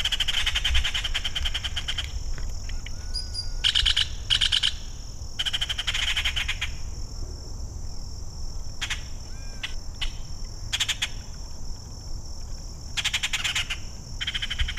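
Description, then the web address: Yucatan jay calls in harsh, rapid bursts of clipped notes, several bursts separated by short pauses, over a steady high insect drone and low rumble. Belize. "belize birds birdsongs yucatanjay"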